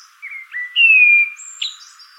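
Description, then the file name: Common blackbird giving clear whistled notes, one long slightly falling tone in the middle, followed by thin high whistles. "Turdus merula"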